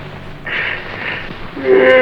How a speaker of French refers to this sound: … baille et se tourne vers son fils.